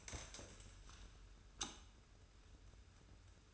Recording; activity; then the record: daily activity, microphone in the room; stand up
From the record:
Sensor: 2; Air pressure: 994.3 hPa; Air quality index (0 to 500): 202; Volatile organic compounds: 1000 ppm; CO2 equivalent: 6628 ppm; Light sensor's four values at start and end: 93/220/95/98 and 99/230/98/102